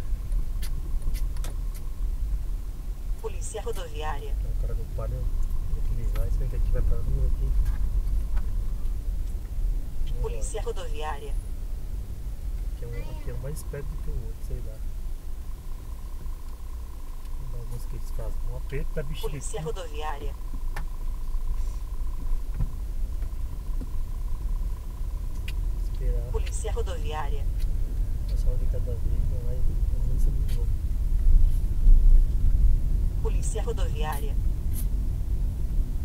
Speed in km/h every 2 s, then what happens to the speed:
8, 8, 12, 12, 8, 8, 7, 4, 3, 4, 6, 7, 10, 12, 15, 17, 22, 23.
0-6 steady at about 8. 6-16 slows to 3. 16-36 speeds up to 23.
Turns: none.